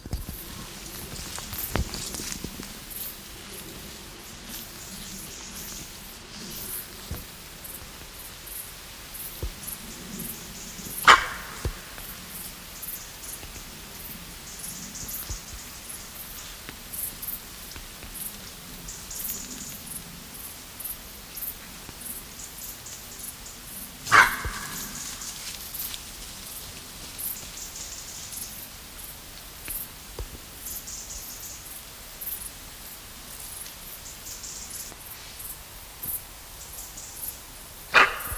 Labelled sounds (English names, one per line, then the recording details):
Fallow Deer barking
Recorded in the wild
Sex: female
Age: diverse
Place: Treuchtlingen, Heumöderntal, Bayern, DE
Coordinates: 48.96, 10.91
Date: 1993-08-30 20:00
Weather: overcast, rain, 13°C
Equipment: Marantz CP 430, Sennheiser MKH 416 T, Kopie Uher Variocord 263
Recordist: Tembrock, Günter